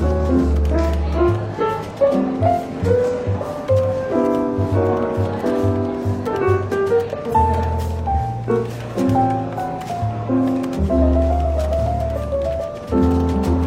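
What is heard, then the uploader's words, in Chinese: Soft, relaxed jazz plays steadily at a constant level, with a deep bass line that changes notes about every second under warm sustained chords and a light melody on top. There is a brief thinning near eight seconds, then the band fills back in. 伦敦书店咖啡馆轻微喧闹氛围与柔和轻松的爵士背景音乐。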